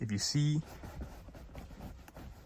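Someone talks, then tugs the rear seat cushion of a 2020 Infiniti Q60 Redsport upward from the middle, pulling its retaining clip out of the car floor pan. A short, sharp pop at 2.1 s marks the clip popping free, releasing the cushion.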